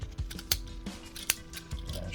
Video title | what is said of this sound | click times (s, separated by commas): Transformers Review: Masterpiece Getsuei | should all click into place all right | 0.5 s, 1.3 s